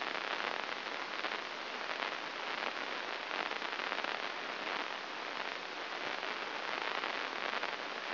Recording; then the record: brain microelectrode recording played as sound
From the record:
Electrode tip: inside the subthalamic nucleus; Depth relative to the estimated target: -1.5 mm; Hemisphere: right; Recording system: AlphaMap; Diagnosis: Parkinson's disease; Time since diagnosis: 7 years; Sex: female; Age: 49 years